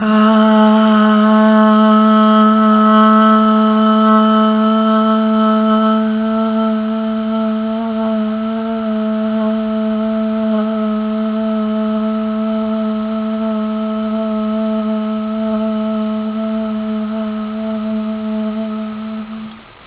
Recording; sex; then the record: sustained vowel /a/; female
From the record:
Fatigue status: fatigue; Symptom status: symptomatic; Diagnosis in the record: COVID-19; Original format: 3gp